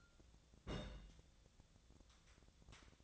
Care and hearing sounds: daily activity, microphone in the room; place on stove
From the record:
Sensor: 3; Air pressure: 1000.0 hPa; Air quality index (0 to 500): 126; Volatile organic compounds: 2 ppm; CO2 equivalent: 1130 ppm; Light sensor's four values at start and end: 45/115/49/55 and 45/114/49/55

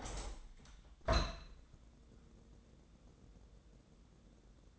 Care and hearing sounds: daily activity, microphone in the room; open window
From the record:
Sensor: 3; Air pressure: 1012.3 hPa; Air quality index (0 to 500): 135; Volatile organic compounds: 2 ppm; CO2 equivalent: 1045 ppm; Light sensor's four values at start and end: 165/399/162/148 and 165/397/162/149

